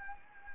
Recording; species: mosquito wingbeat signal from an infrared sensor; Anopheles gambiae